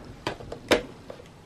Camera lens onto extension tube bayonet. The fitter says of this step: till it clicks